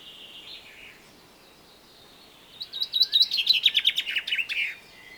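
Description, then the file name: Common chaffinch song: a faint thin note, a quiet pause, then a rapid descending run of sharp repeated notes. "Fringilla coelebs"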